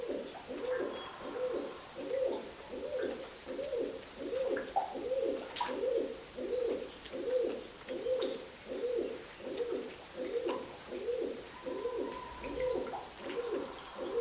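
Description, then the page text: Hill pigeon cooing: low hollow coos repeated steadily, a little faster than one a second, through the whole stretch. "Albert Lastukhin - Скалистый голубь (Columba rupestris)"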